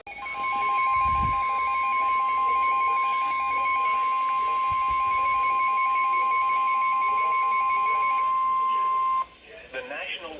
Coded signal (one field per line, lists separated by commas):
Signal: Emergency Alert System (SAME) tones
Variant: 1050 Hz attention tone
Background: speech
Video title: EAS Alerts From April 10, 2025: Short Compilation